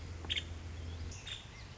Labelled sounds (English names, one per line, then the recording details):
Nuttall's Woodpecker
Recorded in Sonoma County, California